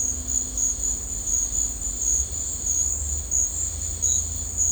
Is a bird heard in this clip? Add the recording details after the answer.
no. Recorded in dense forest near Puerto Asís, Putumayo, Colombia, on 18 December 2024 at 14:00. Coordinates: 0.466, -76.327. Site G075